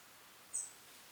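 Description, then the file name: European robin giving one brief, thin, high-pitched call note, slightly faint, over soft steady hiss. "Erithacus rubecula"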